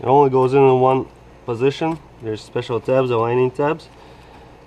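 A plastic intake pipe with a retaining clip is being handled at its intercooler connection on a VW Passat / Audi A4, while someone talks over a low steady background hum. The pipe is not yet home, and nothing has seated or clicked yet.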